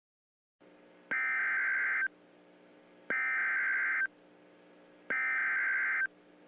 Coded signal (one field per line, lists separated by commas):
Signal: Emergency Alert System (SAME) tones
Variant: header bursts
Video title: goanimate4schools shutdown experience: the EAS scenario